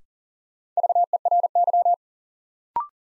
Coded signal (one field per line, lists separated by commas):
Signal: Morse code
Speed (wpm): 40 wpm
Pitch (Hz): 700 Hz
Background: none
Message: VERY